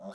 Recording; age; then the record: pig call; piglet (1 to 25 days)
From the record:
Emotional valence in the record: negative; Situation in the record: long isolation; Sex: male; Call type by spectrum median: low-frequency call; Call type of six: mixed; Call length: 0.14 s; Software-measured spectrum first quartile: 218 Hz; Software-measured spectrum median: 519 Hz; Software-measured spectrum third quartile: 738 Hz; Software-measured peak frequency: 591 Hz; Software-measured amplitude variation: 99 dB a second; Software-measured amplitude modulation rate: 3.5 a second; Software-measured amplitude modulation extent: 28.6 dB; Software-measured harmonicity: 3.6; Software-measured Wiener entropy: -0.16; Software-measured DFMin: 972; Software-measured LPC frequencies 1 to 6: 625, 1404, 3543, 4335, 5429, 6206 Hz